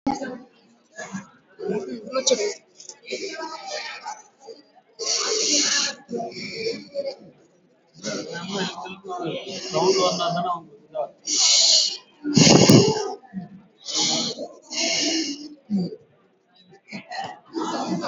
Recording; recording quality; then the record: deep breathing; moderate, slight background noise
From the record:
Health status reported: healthy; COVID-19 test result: not tested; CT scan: not taken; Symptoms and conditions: none ticked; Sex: female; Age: 45 years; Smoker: no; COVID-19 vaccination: one dose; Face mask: worn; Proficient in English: no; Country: India